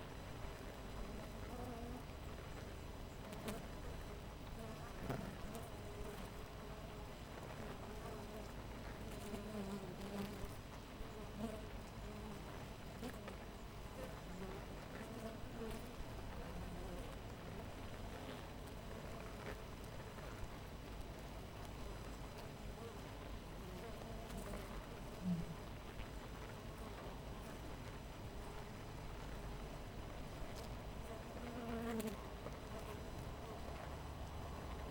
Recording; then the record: honeybee colony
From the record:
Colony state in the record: missing queen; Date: 14 July 2017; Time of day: 6:48